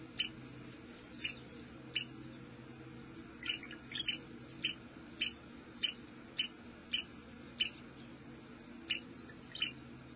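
Squirrel chips, single sharp high notes repeated at irregular intervals, over a low steady background hum.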